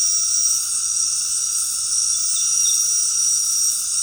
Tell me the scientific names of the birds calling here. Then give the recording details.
none. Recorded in secondary vegetation near Puerto Asís, Putumayo, Colombia, on 20 February 2024 at 19:00. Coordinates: 0.468, -76.324. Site G6381